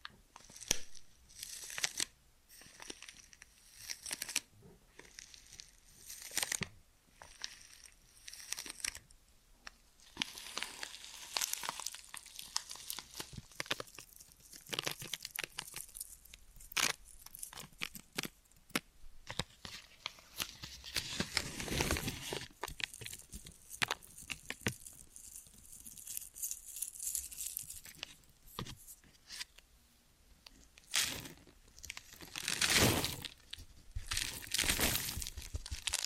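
Ear and scalp massage with dense, crinkly rubbing and scratching bursts, irregular and bright, swelling louder around twenty and thirty-three seconds.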